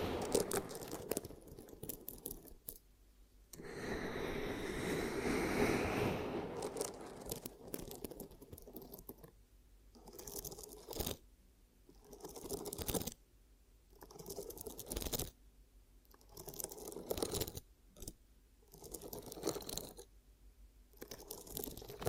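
Ear cupping sounds: muffled, rubbing bursts that swell and fade, with a dense, sustained stretch from about 3.5 to 7 seconds. After that the cupping comes in shorter pulses roughly every second or two, separated by near-silent gaps, with occasional sharp clicks and crunchy scratches.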